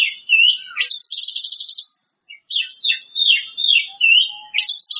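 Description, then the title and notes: Bird song mixing whistled slurred notes with a sustained buzzy trill of about a second, then a pause and further varied rising and falling phrases. "Bird Sound. Kicau Burung Lengkap"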